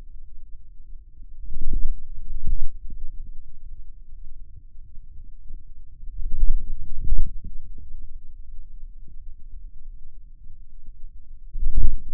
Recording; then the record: forearm muscle sounds (acoustic myography)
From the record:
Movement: inward rotation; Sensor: system 2, bracelet of six BSWA MPA416 microphones around the upper forearm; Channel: 5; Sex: male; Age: 22 years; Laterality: right